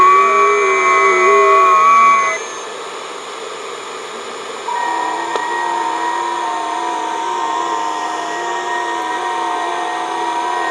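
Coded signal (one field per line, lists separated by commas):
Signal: FT8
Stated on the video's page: Heard on a simple transistor regenerative receiver tuning the HF bands at night.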